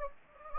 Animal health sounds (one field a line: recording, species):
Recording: mosquito wingbeat signal from an infrared sensor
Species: Anopheles gambiae